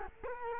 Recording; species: mosquito wingbeat signal from an infrared sensor; Culex quinquefasciatus